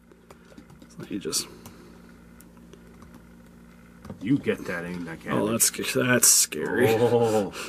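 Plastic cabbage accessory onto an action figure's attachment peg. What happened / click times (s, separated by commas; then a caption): Handled, not yet home: small plastic part is worked toward its peg / none. A small plastic cabbage accessory is handled and pushed toward the attachment peg of an articulated Max Factory Figma Darkness action figure, with faint ticks and light plastic taps in the first half. After that, people talk. The part has not seated or clicked onto its peg yet.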